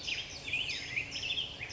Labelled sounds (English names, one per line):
California Towhee